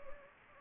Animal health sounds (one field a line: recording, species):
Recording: mosquito wingbeat signal from an infrared sensor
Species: Anopheles gambiae